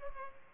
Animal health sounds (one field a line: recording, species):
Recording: mosquito wingbeat signal from an infrared sensor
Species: Culex pipiens